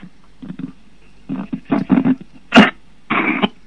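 Over a muffled telephone line, an elderly man gives a few low, throaty grunts, then two harsh, explosive coughs near the end. A plain cough with throat clearing, with no specific finding named.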